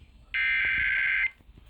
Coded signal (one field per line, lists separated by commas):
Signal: Emergency Alert System (SAME) tones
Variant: header bursts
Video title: EAS/NWR Alert or message #1297: Tornado Warning #7 for 2023